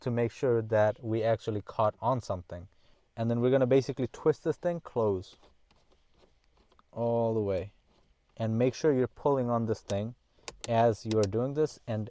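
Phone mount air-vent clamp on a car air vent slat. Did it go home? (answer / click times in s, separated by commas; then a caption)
yes / 5.7 s, 6.4 s, 6.8 s. Someone talks while the plastic air-vent hook of a Zuslab 3-in-1 car phone holder mount is hooked onto a car air vent slat and its knob is twisted closed while the hook is pulled. During a quiet pause, faint sharp clicks sound at 5.7, 6.4 and 6.8 seconds as the built-in clutch clicks once the clamp is tight enough. The clicks mean the clamp is in and stop it from being over-tightened.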